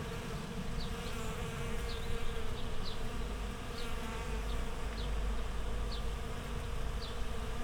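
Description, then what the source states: Bees buzzing in a steady, dense low hum throughout, with short high bird chirps repeating at a steady pace above it. Bees in a flowering rapeseed field, Słoneczna 9, Siemianowice Śląskie, Poland, Saturday 18 May 2019; Zoom H5 with Audio-Technica BP4025.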